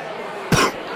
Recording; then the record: coughing mixed with background sound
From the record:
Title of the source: Coughing 46